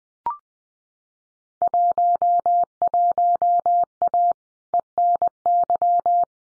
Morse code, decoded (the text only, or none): 11A ENY